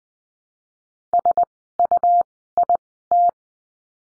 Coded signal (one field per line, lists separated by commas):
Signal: Morse code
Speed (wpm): 20 wpm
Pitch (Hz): 700 Hz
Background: none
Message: SUIT